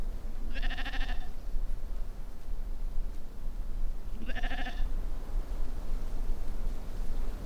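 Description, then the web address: Sheep bleating, one wavering harmonic bleat near the start and a second a few seconds later, over steady low rumbling background noise. "Scott Sherk Phonography Compendium 1 Scott Sherk - Sheep"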